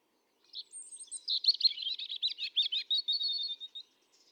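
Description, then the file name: European robin song, one dense rapid phrase of high tinkling, warbled notes and trills running for about three seconds, then stopping. "Erithacus rubecula 310717"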